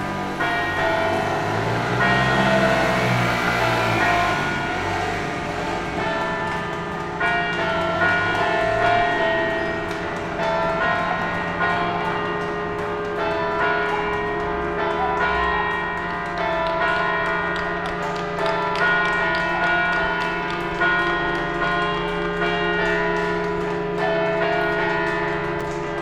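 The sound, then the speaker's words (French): Church bells peal continuously at 8 pm in the Vaise district of Lyon, their rich overlapping tones ringing loudly and steadily, with a faint low rumble of traffic underneath and no voices. “Dame, les cloches sonnent.”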